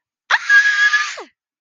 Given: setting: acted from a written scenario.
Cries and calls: vocal sound without words; fear

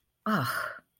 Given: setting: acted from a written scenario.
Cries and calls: vocal sound without words; contempt

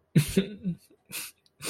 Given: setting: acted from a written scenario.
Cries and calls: vocal sound without words; sadness

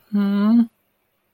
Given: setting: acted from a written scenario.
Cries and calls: vocal sound without words; disappointment

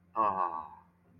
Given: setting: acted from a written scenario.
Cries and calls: vocal sound without words; awe

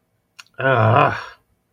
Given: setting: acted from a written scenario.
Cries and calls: vocal sound without words; contempt

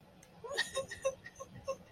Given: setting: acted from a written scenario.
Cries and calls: vocal sound without words; sadness

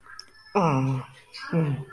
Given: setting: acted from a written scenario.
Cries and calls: vocal sound without words; anger

